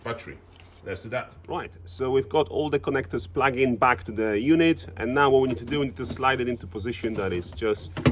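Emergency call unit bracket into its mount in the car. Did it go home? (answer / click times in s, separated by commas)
no / none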